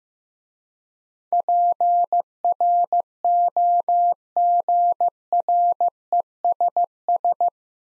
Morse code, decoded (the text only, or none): PROGRESS